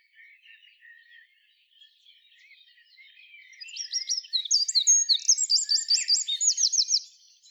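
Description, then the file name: Eurasian wren song: soft, scratchy notes build into a loud, fast, high-pitched trill of sharp repeated elements for about three seconds before stopping. "Troglodytes troglodytes"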